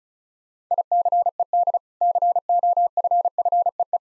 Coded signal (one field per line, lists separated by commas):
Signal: Morse code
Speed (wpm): 36 wpm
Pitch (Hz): 700 Hz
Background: none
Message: ICED COFFEE